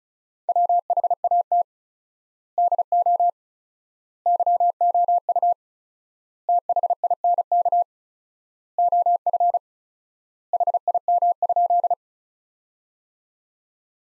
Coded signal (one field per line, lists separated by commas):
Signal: Morse code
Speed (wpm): 34 wpm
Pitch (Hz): 700 Hz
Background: none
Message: WHAT DO YOU THINK OF HIM?